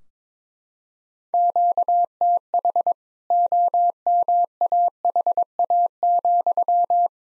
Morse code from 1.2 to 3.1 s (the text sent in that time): QTH